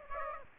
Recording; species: mosquito wingbeat signal from an infrared sensor; Aedes aegypti